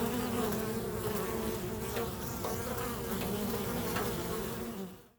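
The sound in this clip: Bees humming in a continuous low drone with faint clicks, the sound fading out at the very end.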